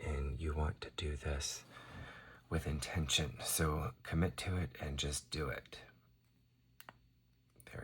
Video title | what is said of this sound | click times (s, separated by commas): A reward for a VERY difficult accomplishment | There it goes. You heard the click. | 6.8 s